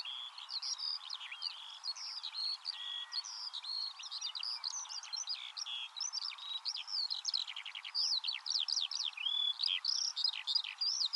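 Eurasian skylark song, a continuous bubbling flow of high twitters, short trills and varied whistled phrases.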